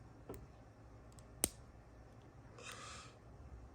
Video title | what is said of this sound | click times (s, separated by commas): RUMBLE Studio Series review | and make sure everything clicks into place and yeah there he is as a cassette | 1.4 s